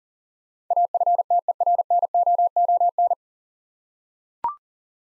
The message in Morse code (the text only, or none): AFTERNOON